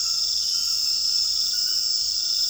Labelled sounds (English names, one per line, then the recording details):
none
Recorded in dense forest near Puerto Asís, Putumayo, Colombia, on 20 February 2024 at 23:30
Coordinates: 0.481, -76.318
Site G6421